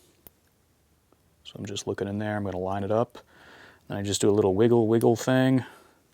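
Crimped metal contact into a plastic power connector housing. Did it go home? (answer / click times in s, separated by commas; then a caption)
no / none. A crimped metal contact is lined up, metal strip on the bottom, with a plastic Anderson Powerpole connector housing and given a little wiggle. Someone talks throughout, with a brief faint tick near 0.3 s before the talking starts. Nothing has seated or clicked into place yet.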